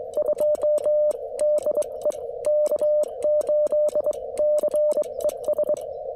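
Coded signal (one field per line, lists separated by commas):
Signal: Morse code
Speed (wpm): 22 wpm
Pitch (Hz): 600 Hz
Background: music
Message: 2 DE K8CES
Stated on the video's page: Sent on a 1985 Vibroplex Presentation Model bug during an outdoor POTA park activation; operator not proficient with the bug.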